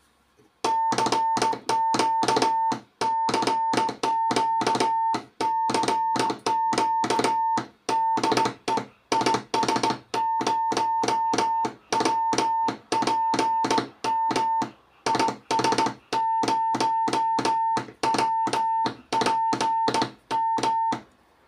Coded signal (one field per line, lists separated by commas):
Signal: Morse code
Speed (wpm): 17 wpm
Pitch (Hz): 900 Hz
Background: none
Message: CQ CQ CQ DE IS0WPM IS0WPM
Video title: La radiotelegrafia Morse esiste ancora?